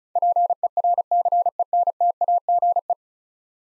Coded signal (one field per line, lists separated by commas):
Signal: Morse code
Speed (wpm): 36 wpm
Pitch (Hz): 700 Hz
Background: none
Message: PERCENTAGE